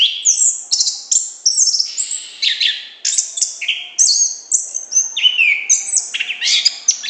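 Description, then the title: Orange-headed thrush song: a rapid, continuous run of varied high whistles and trills, with sharp rising and falling notes packed closely together throughout. Continuous, loud, open song, called gacor ngeplong in Indonesian bird-keeping terms. "Anis Kembang Gacor Ngeplong Istimewa Suara Burung"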